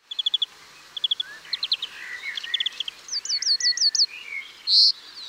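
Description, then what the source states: European greenfinch song, quick series of high repeated twittering notes mixed with lower warbling phrases. Song with a 'gügügüg' sequence often followed by a rising 'ju'.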